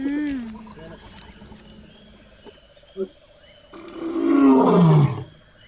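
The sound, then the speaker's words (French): A single loud, deep lion roar swells up and slides downward in pitch over about a second and a half, preceded by a brief low tonal sound and quieter background hum. “¿Qué es este ruido? Rugió el león.”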